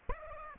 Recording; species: mosquito wingbeat signal from an infrared sensor; Aedes aegypti